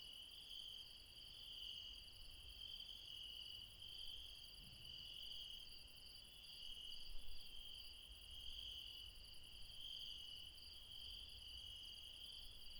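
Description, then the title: Insects in a sustained high chorus, a bright trilling band wavering in loudness, with soft low background noise. Late night in the mountains at Refuge Krevatia, Barbala (Μπαρμπαλά), Dion, Greece. "Refuge Krevatia, Μπαρμπαλά, Dion 601 00, Greece - Late night mountain insects"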